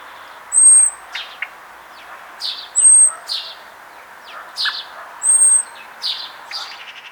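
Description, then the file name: Common blackbird calls: a thin, level, very high whistle repeated about every two and a half seconds, mixed with sharp downward-sweeping chips and softer notes over faint background hiss. "Turdus merula"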